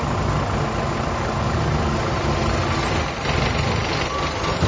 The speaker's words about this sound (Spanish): Estamos en una parada de colectivos. Ahora voy a intentar subir a uno.